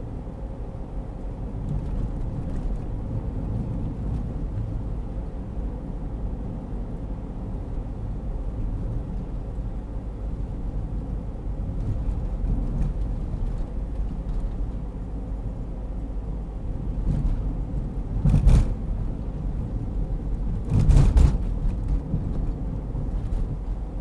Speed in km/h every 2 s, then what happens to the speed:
55, 55, 54, 53, 52, 52, 52, 51, 51, 50, 50, 49.
0-24 steady at about 52.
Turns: none.